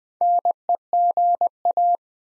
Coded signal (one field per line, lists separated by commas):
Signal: Morse code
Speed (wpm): 20 wpm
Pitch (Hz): 700 Hz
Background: none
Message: NEGA